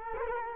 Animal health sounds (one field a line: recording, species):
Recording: mosquito wingbeat signal from an infrared sensor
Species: Culex quinquefasciatus